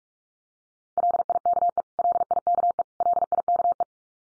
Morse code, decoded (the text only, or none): LIKE LIKE LIKE